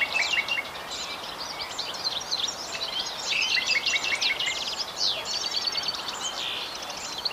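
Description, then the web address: European goldfinch singing a dense, continuous twittering stream of high tinkling and buzzy notes, with steady background noise underneath. "Jilguero europeo"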